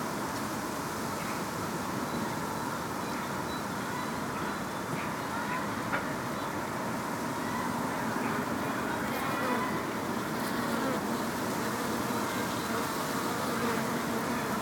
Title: Le champ du Chaudron, 1070 Anderlecht, Belgique - Bees - wind in the trees. Abeilles au champ du chaudron, vent dans les arbres